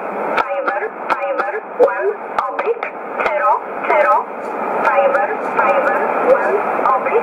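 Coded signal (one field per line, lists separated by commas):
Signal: numbers station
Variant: E11, English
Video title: 25 08 2015 Numbers Station E11 in English 1925 on 11581 USB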